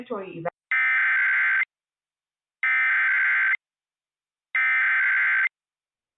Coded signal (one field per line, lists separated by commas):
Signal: Emergency Alert System (SAME) tones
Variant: header bursts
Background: speech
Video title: EAS - Burnt